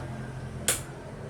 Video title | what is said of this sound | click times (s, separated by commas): ஈஸியான முறையில் தையல் பயிற்சி கத்துக்கலாம் இந்த ஒவ்வொரு பயிற்சியிலும் முழுமையாக கற்றுக் கொள்ளலாம் | சவுண்ட் கேக்குது பாத்தீங்களா இப்படி டக்குன்னு சவுண்ட் கேட்டுச்சுன்னா உள்ள லாக் ஆயிடுச்சு அப்படின்னு அர்த்தம். | 0.7 s